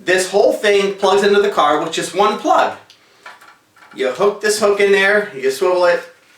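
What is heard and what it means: Someone talks while handling a factory hi-fi wiring harness plug from a Ferrari 360, bought from an auto wrecker, hooking it into an amplifier socket on one side and swiveling it toward its latch. A brief faint knock sounds around 3.3 s during a pause in the talking. Nothing has seated or clicked yet.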